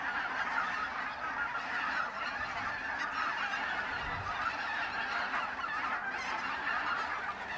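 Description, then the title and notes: Goose: geese calling en masse, an even, unbroken roar of overlapping honks from a large flock. Binaural recording of birds at a re-naturalised polder area in Sellstedt, Germany, 9 November 2020; ORTF pair of small microphones with windshield, handheld recorder. "Binaural recording of birds at Polder Glies, Sellstedt, Germany"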